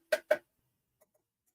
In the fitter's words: make sure it clicks in place